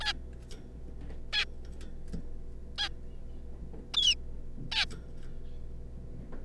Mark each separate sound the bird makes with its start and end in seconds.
0.01-0.13, 1.33-1.45, 2.78-2.88, 3.94-4.15, 4.72-4.85